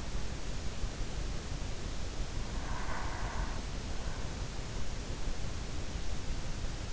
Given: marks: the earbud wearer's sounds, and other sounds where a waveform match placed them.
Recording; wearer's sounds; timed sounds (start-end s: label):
sounds in sleep by an in-ear microphone; breath
2.11-4.17 s: breath